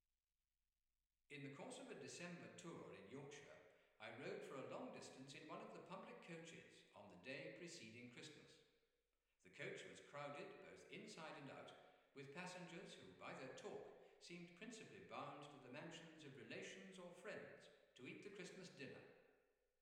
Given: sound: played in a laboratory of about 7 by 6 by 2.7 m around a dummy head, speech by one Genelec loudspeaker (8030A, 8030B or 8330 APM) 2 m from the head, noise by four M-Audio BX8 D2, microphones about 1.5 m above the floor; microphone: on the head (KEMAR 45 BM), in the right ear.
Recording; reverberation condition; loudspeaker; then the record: male speech in English; high; 60 degrees to the right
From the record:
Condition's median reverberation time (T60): about 1300 ms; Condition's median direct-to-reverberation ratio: about -4.0 dB